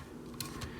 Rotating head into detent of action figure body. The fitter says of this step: move it although it will click